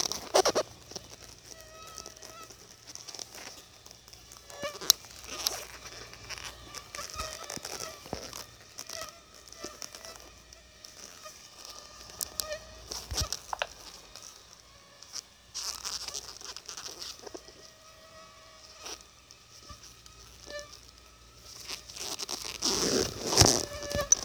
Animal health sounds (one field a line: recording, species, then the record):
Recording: mosquito flight sound by mobile phone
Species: Aedes albopictus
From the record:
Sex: female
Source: CDC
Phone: Sony Xperia